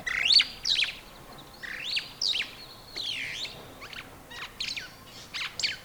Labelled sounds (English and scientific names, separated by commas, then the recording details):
Superb Starling (Lamprotornis superbus) flight call
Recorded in Kenya